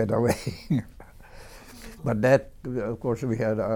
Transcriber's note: chuckles